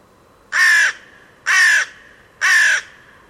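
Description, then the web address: Bird giving harsh crow-like caws: three loud, flat, grating notes, each about a third of a second long, repeated roughly once a second. "cianscape. Deverinetal. Bird Only"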